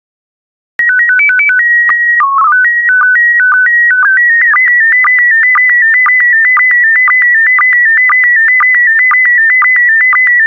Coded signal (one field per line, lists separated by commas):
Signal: SSTV (slow-scan television)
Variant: PD 120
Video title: 183060 Polar Bears SSTV PD120